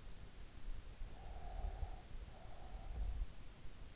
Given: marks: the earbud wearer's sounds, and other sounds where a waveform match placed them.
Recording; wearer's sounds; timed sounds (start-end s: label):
sounds in sleep by an in-ear microphone; breath
1.19-3.63 s: breath